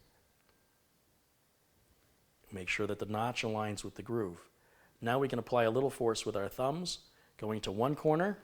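A memory module is slid into the guides of a motherboard DIMM slot, with its notch lined up with the slot key before any force is applied. After a near-silent start with one faint tick at 0.5 s, someone talks for most of the clip. Nothing has seated or clicked yet.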